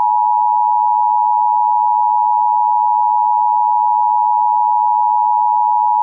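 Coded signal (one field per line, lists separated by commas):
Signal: Emergency Alert System (SAME) tones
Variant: 853 and 960 Hz attention tone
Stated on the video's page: Fictional EAS scenario, audio generated with Audacity alongside text-to-speech voices.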